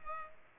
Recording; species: mosquito wingbeat signal from an infrared sensor; Culex pipiens